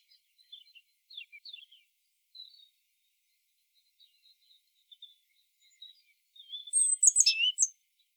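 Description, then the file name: Great tit giving one clear phrase of high sweeping notes near the end, preceded by faint scattered soft chips and twitters. "Parus major"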